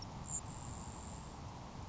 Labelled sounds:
Grasshopper Sparrow (Ammodramus savannarum)
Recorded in Sonoma County, California

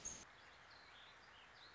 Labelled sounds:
Warbling Vireo (Vireo gilvus)
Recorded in Sonoma County, California

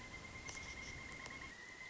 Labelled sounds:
Pileated Woodpecker (Dryocopus pileatus)
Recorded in Sonoma County, California

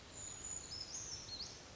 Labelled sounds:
Brown Creeper (Certhia americana)
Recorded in Sonoma County, California

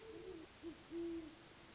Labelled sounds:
Great Horned Owl (Bubo virginianus)
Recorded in Sonoma County, California

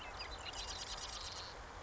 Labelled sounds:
Marsh Wren (Cistothorus palustris)
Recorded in Sonoma County, California

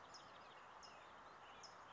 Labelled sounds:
California Towhee (Melozone crissalis)
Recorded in Sonoma County, California

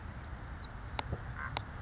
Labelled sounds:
Savannah Sparrow (Passerculus sandwichensis)
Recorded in Sonoma County, California

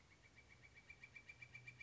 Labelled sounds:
Northern Flicker (Colaptes auratus)
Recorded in Sonoma County, California

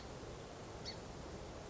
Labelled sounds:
Song Sparrow (Melospiza melodia)
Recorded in Sonoma County, California

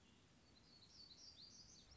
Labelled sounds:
Black-throated Gray Warbler (Setophaga nigrescens)
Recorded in Sonoma County, California

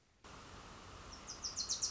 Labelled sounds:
Wilson's Warbler (Cardellina pusilla)
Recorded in Sonoma County, California

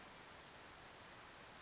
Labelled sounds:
Western Flycatcher (Empidonax difficilis)
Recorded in Sonoma County, California

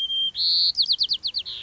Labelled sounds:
White-crowned Sparrow (Zonotrichia leucophrys)
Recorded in Sonoma County, California

